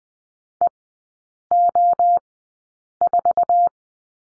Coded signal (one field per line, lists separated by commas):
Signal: Morse code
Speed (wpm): 20 wpm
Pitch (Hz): 700 Hz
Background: none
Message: E O 4